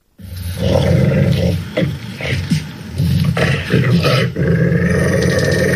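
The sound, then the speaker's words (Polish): A dog growls low and continuously for several seconds, a rumbling snarl that swells and dips with brief breaks, rising into rougher, louder bursts toward the end. “No już, spokojnie piesku, dalej jesteś w centrum uwagi”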